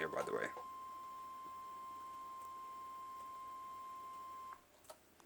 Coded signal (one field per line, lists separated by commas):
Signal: Emergency Alert System (SAME) tones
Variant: 1050 Hz attention tone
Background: speech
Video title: EAS Alarms Real or Fake Part 1: A